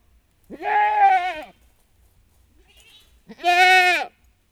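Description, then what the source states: Domestic goat bleats twice, each a harmonic, slightly wavering cry about a second long, separated by a pause of nearly two seconds with a faint high call between. Goat kid calling for its mother, which is on a chain, in a farmyard.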